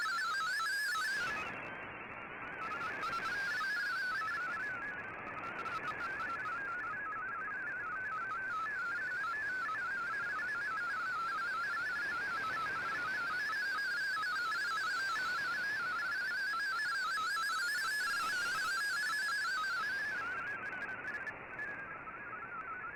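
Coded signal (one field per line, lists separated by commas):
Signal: multi-tone FSK (Olivia or MFSK type)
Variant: MFSK32/MFSK64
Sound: rapid warbling melody of stepping tones, steady and continuous, over hiss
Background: radio static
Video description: Here is my decode of the Shortwave Radiogram broadcast today on 15770Khz shortwave radio at 1300UTC in MFSK32 and 64 with 10 SSTV images.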